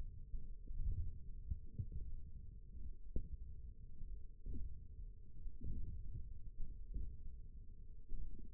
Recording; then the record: forearm muscle sounds (acoustic myography)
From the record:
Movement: ulnar deviation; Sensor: system 1, eight BSWA MPA416 microphones around the upper forearm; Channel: 2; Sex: male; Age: 20 years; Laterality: left